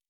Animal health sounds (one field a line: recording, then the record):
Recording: hydrophone in a shrimp aquaculture tank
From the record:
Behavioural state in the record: normal